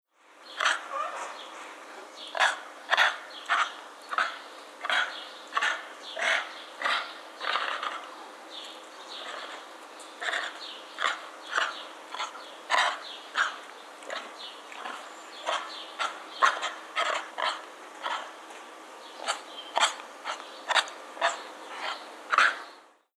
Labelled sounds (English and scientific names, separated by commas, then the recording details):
African Golden Cat (Profelis aurata)
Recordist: Tembrock, Günter
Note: Rufe eines Katers